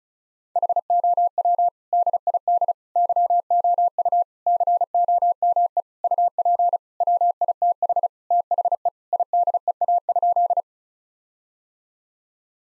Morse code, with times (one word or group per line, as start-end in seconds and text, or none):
0.6-1.7 HOW
1.9-2.7 DID
3.0-4.2 YOU
4.5-5.8 COME
6.0-6.8 UP
7.0-8.1 WITH
8.3-8.9 THE
9.1-10.6 IDEA?